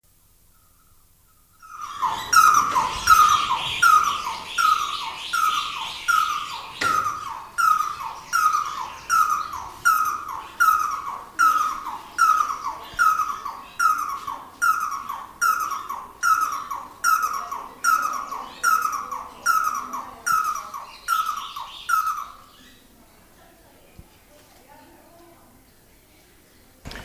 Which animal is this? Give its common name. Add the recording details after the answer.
Red-and-yellow Barbet. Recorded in captivity. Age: adult. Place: Zoo Berlin, Berlin, DE. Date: 2000-07-17 13:41. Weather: fair, 20°C. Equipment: Nagra SN, Kopie Uher 4000 Report Monitor. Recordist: Tembrock, Günter